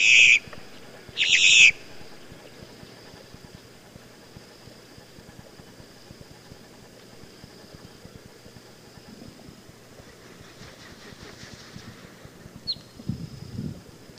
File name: Boat-tailed Grackle